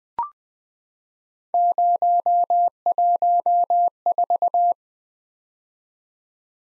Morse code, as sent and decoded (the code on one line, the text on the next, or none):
----- .---- ....-
014